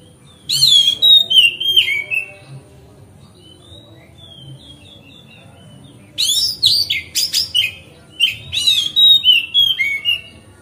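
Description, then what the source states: Oriental magpie-robin delivering rapid, squeaky falling whistles, pausing with only faint soft notes, then resuming with dense, energetic high phrases. Song tutoring (masteran), made on a terrace.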